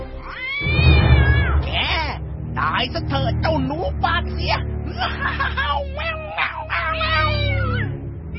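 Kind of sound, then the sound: animal, angry cat yowling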